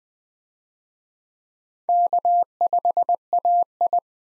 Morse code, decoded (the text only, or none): K5AI